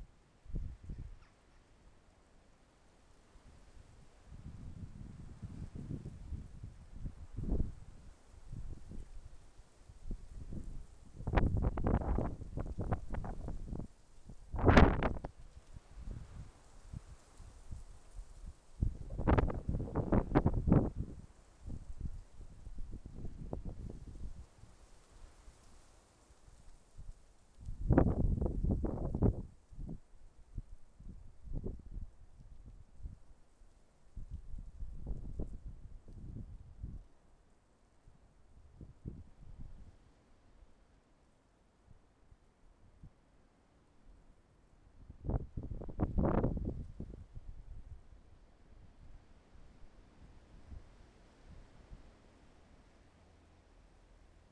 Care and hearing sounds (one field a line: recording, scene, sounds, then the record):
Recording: everyday scene through a hearing-aid microphone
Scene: wind on the microphone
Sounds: wind, traffic, birds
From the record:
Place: suburban garden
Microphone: behind the ear, left, front